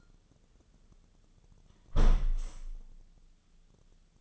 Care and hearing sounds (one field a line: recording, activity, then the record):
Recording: daily activity, microphone in the room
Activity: close window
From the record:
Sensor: 4